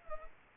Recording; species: mosquito wingbeat signal from an infrared sensor; Culex pipiens